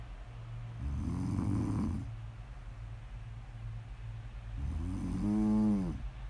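Two snores about four seconds apart, roughly 15 breaths a minute, from a sleeping adult. The first is a low, fluttering rattle; the second has a stronger buzzing, tonal edge. Quiet breathing fills the gap. This is ordinary sleep snoring from soft-tissue vibration in the upper airway.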